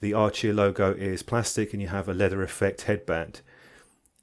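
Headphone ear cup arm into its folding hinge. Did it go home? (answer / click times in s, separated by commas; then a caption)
yes / 4.1 s. Someone talks, then the ear cup arm of Archeer AH07 Bluetooth headphones, plastic and aluminium, snaps firmly into place in its metal-reinforced folding hinge as the side is unfolded. The sharp snap lands at 4.1 s, with a fainter tick just after at 4.2 s, and the arm is seated.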